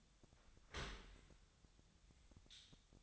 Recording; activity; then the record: daily activity, microphone in the room; open dishwasher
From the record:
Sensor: 3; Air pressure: 1006.7 hPa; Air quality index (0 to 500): 206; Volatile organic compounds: 18 ppm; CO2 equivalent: 2631 ppm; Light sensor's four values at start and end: 11/25/10/10 and 11/25/10/10